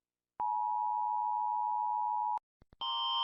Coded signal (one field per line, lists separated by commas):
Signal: Emergency Alert System (SAME) tones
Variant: 853 and 960 Hz attention tone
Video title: Rating EAS alarms!